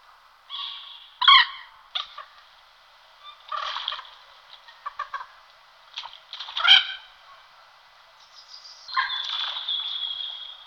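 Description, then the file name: Common moorhen calling in a busy series of harsh, clucking and croaking notes, some sharp and loud, ending with a drawn-out rasping call. "Slipka zelenonoha Gallinula chloropus"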